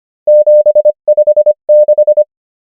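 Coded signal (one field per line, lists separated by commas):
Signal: Morse code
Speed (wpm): 25 wpm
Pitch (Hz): 600 Hz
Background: none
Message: 756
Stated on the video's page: Morse code practice of numbers at 25 wpm character speed and 23 wpm effective (Farnsworth) speed.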